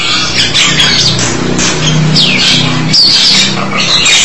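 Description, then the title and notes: Starling chattering with wheezy, rasping notes and a couple of sweeping whistles over a constant low droning hum. "suara burung jalak"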